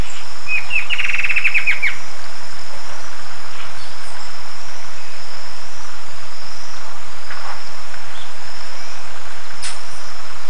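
Bird giving a short, rapid chattering trill near the start, then only steady background hiss with a faint high whine.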